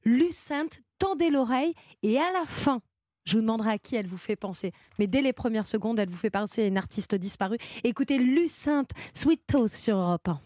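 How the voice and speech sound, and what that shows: One adult speaks French fluently in a lively, fairly high-pitched voice, with short natural pauses between phrases. This is ordinary, clear broadcast speech: a radio host on Europe 1 introducing a new song by a young artist, with even rhythm and clean articulation.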